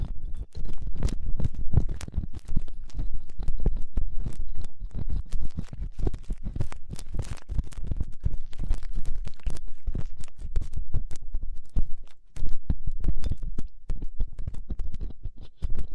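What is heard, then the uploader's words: Dense scratching and rubbing, like gloved fingers and a cotton swab working right against a microphone. Quick crackles and taps come continuously with a heavy low thump, easing briefly around twelve seconds before resuming. ASMR 3Dio Ear Cleaning Latex Gloves, Dental Pick, Cotton Swabs (No Talking).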